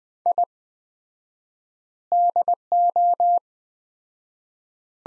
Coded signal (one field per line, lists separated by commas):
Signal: Morse code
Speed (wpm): 20 wpm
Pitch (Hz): 700 Hz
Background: none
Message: I DO